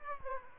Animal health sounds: mosquito wingbeat signal from an infrared sensor; Aedes aegypti

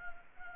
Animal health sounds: mosquito wingbeat signal from an infrared sensor; Anopheles gambiae

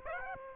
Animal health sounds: mosquito wingbeat signal from an infrared sensor; Aedes aegypti

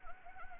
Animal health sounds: mosquito wingbeat signal from an infrared sensor; Anopheles arabiensis

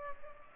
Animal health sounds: mosquito wingbeat signal from an infrared sensor; Culex pipiens

